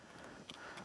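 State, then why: Partly seated. A new circlip is pushed down with a pick tool into the groove of an ATV front brake master cylinder bore. A sharp click is heard at 0.5 s, followed by a softer tick just after. Only the first side of the clip has snapped into the groove, so it is partly seated.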